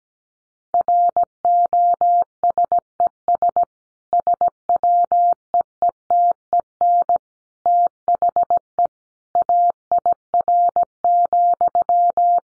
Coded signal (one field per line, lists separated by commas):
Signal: Morse code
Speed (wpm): 17 wpm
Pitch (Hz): 700 Hz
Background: none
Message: ROSES SWEETEN THE AIR,